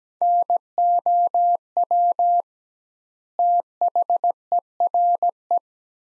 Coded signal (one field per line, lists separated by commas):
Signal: Morse code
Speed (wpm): 17 wpm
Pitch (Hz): 700 Hz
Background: none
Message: NOW THERE